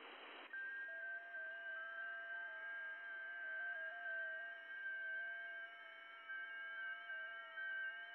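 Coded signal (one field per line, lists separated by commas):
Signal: FT8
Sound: several overlapping steady warbling tones stepping slowly in pitch, like soft chiming chords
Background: radio static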